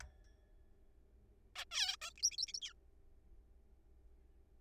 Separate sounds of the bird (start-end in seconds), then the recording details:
1.56-1.65, 1.72-1.96, 2.02-2.13, 2.18-2.22, 2.23-2.31, 2.32-2.36, 2.38-2.46, 2.48-2.52, 2.54-2.59, 2.62-2.73. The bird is a juvenile. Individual R3428